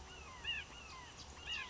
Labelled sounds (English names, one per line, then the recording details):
Red-shouldered Hawk
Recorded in Sonoma County, California